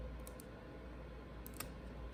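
A press-fit charging port flex cable connector on a MacBook Air is pried back up off its logic board socket after a test fit. Several small, sharp clicks are heard, and the connector pops free of the socket at 1.6 s.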